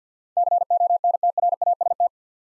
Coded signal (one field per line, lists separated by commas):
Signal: Morse code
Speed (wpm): 50 wpm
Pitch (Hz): 700 Hz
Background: none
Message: CONTRAST